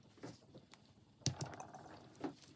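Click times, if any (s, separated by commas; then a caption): 1.3 s. A metal shaft-seal part is pressed onto the shaft and into the front housing of a Nippon-Denso 6P148A automotive A/C compressor being reassembled on a Foxbody Mustang. A sharp click at 1.3 s marks the part seating, followed by two fainter ticks at 1.4 s and 1.6 s and a softer knock near 2.3 s over quiet handling noise.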